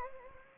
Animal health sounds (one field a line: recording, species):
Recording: mosquito wingbeat signal from an infrared sensor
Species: Anopheles gambiae